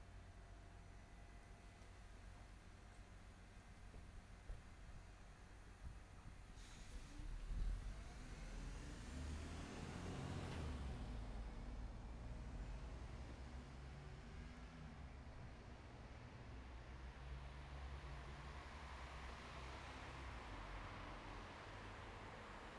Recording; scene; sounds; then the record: everyday scene through a hearing-aid microphone; in traffic; traffic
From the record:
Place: bus stop on a city main road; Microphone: behind the ear, right, rear